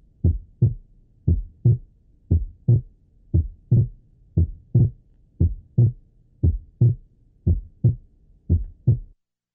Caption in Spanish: Desdoblamiento normal del segundo ruido cardíaco con la inspiración. Cuando se ausculta un desdoblamiento del segundo ruido durante la inspiración, es el segundo ruido pulmonar el que forma el segundo componente del ruido desdoblado.